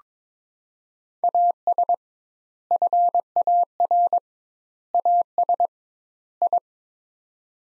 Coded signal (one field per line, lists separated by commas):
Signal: Morse code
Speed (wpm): 22 wpm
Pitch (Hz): 700 Hz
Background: none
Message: AS FAR AS I